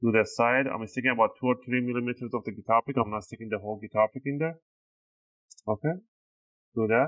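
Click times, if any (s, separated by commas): 5.5 s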